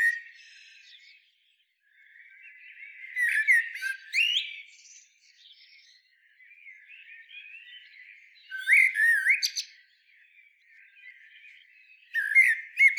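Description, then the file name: Eurasian blackbird song, three fluty warbled phrases a few seconds apart, each closing in high, scratchy twitters, with softer warbling between them. "Turdus merula"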